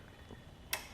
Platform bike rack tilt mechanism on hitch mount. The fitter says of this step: You'll hear it just click into place, and we'll have to replace that pin.